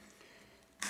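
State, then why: Seated. A B'twin Decathlon Satcount cycling GPS unit is slid onto its stem-mounted slide bracket rail and locked by the small plastic latch. After a quiet lead-in, a single sharp click sounds at 0.8 s as the unit latches and is seated in the handlebar-stem mount.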